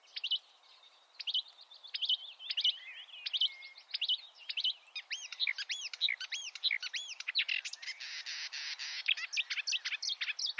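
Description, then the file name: Marsh warbler song, a fast, varied, chattering stream of high chirps, trills and sweeping whistled notes, with a buzzy harsh passage near the end. "suara kicauan burung marsh warbler. omkicau"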